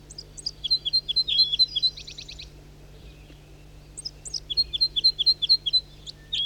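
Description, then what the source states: Red crossbill song, a rapid series of clipped chirping notes run together in two bursts, separated by a short pause, with a steady low hum beneath. Male singing, joined by another male in flight.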